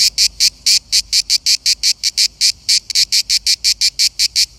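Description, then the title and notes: Cicada song, loud rasping buzzy pulses repeated in quick succession in a steady, slightly uneven rhythm. Cicada heard while on holiday in Verona. "Eine Zikade im Urlaub in Verona"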